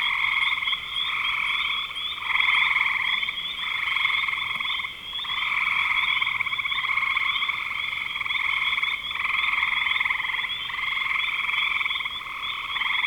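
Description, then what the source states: Frogs trilling together in a thick chorus, the drone broken by short lulls, including a clear gap near five seconds. Recorded in spring 2025.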